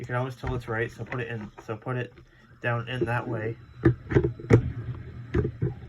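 A removable battery pack with a thumb pull tab is lowered into the body of a digital book player and pressed down while someone talks, followed by a few short handling knocks and taps. The clip ends before the pack goes home, and nothing has seated or clicked yet.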